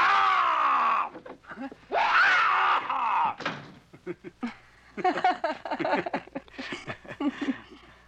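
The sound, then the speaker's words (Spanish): In a Spanish-language dubbed scene, a person lets out loud, drawn-out screams, two long wailing bursts at high pitch, followed by a stretch of shorter shrieks and sobbing cries that rise and fall. “Jamás en mi vida he deseado algo que no pudiera obtener cuando gritaba muy fuerte.”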